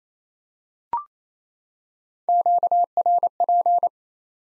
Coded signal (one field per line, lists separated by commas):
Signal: Morse code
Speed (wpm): 28 wpm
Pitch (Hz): 700 Hz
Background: none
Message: QRP